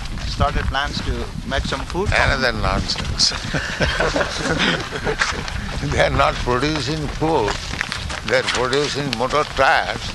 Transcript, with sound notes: started plans to make some food...
Another nonsense. [laughter] They are not producing food, they are producing motor tires,